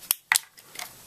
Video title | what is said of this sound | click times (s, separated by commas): VLOG UA Apollo Twin | snaps right out | 0.3 s